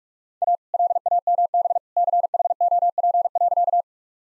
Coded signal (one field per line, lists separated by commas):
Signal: Morse code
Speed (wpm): 43 wpm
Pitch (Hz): 700 Hz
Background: none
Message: A LAMB CHOP.